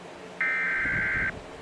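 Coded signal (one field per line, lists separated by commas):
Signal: Emergency Alert System (SAME) tones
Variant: header bursts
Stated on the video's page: Fictional EAS scenario, simulated alert.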